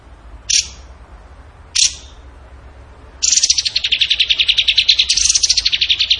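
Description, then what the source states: Bird song: two short, sharp high notes about a second apart, then a long, rapid, buzzy pulsed trill that wavers in pitch for three seconds. Masteran training recording of bird song in the tembakan gacor style.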